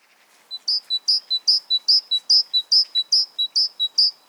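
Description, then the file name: Great tit song: a two-note phrase, one high and one lower note, repeated about nine times in quick, steady rhythm. "Parus major"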